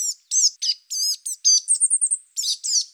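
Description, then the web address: Willow tit calls: a series of harsh, buzzy, nasal notes, some with thin high notes between them, given in quick bursts with short pauses. "Parus montanus"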